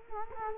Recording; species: mosquito wingbeat signal from an infrared sensor; Culex quinquefasciatus